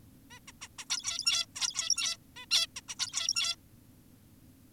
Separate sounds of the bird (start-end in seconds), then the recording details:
0.31-0.40, 0.48-0.52, 0.62-0.68, 0.79-0.85, 0.90-1.46, 1.56-2.17, 2.36-2.46, 2.51-2.67, 2.76-2.81, 2.89-2.96, 2.99-3.56. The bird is an adult. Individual g17y2U